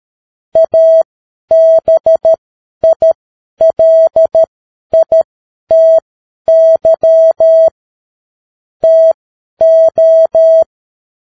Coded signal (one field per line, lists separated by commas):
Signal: Morse code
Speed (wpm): 13 wpm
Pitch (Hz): 650 Hz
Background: none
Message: ABILITY TO